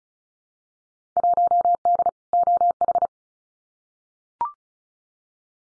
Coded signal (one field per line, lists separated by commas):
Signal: Morse code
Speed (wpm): 36 wpm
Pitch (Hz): 700 Hz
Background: none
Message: 1D OH